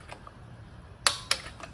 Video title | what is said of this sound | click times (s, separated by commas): 2017 Hyundai Elantra Spark Plug Change | okay so now we're going to hear a click soon | 1.1 s